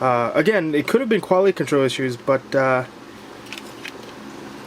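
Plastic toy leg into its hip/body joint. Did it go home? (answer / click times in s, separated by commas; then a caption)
partly / 3.5 s, 3.6 s, 3.9 s. Someone talks, then a plastic leg of a Hasbro Transformers Grimlock (Fall of Cybertron) transforming robot toy is moved into its hip/body joint, giving faint clicks at 3.5, 3.6 and 3.9 seconds. The joint clicks but snaps in only weakly and does not lock home firmly, leaving the leg wobbly.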